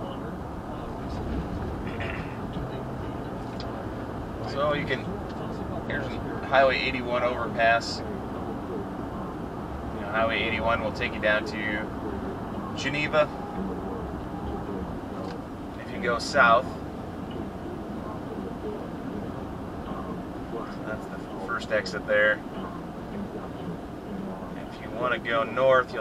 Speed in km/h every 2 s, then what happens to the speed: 77, 77, 84, 85, 87, 87, 87, 85, 85, 87, 87, 81, 77.
0-7 speeds up to 87. 7-20 steady at about 87. 20-26 slows to 77.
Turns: none.